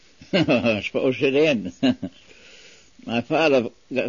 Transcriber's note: he laughs